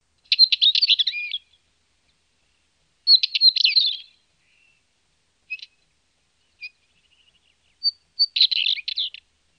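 Northern wheatear delivering brief, rapid, creaky and twittering phrases, with scattered short clicks and whistled notes in the gaps.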